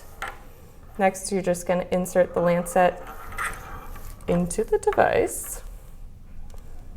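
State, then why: Not seated. A plastic lancet is handled as it is brought to a lancing device for insertion while someone talks, with a brief sharp handling sound near 0.2 s and a faint tick near 6.5 s. Nothing has seated or clicked yet, so the lancet is not yet home in the device.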